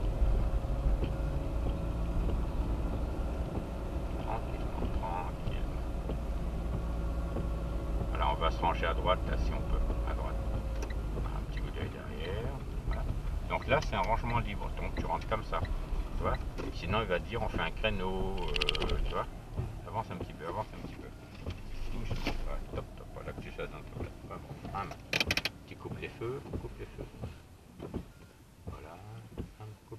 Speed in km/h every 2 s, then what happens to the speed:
29, 31, 30, 28, 28, 23, 17, 15, 9, 4, 2, 0, 0, 0, 0.
0-8 steady at about 29. 8-20 slows to 2. 20-30 standing.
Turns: none.